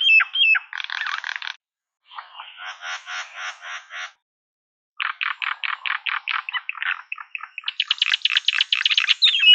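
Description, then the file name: Common myna calling with a quick whistled phrase, then long series of rapid, grating clicks and rattles broken by two short pauses. "martin triste"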